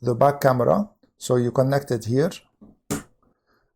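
Someone talks as the rear camera's cable connector is pushed into its socket on the main unit of a Tiesfong M10Max 4-channel dashcam. A sharp click at 2.9 s marks the connector seating, followed by a faint tick at 3.2 s.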